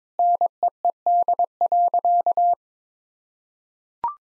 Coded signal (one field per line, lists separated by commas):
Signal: Morse code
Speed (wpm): 22 wpm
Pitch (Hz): 700 Hz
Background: none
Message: NEED.